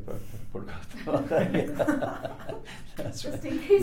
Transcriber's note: laughter